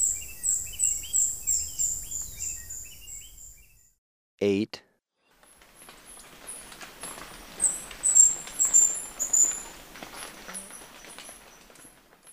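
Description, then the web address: Brown Inca calls: a quick series of thin, very high chips, then a single sharp click, followed by scattered high squeaky chips over faint background noise. Ecuador. "Natures Songs S America Birds of Ecuador Brown Inca"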